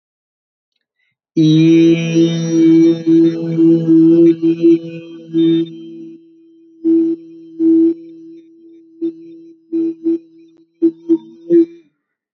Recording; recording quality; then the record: sustained vowel as in beet; excellent, no background noise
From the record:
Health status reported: healthy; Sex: male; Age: 25 years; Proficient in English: yes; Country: India